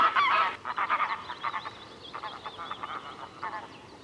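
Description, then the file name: Great crested grebe uttering a rapid series of short, harsh honking notes that fade gradually. "Svasso Maggiore"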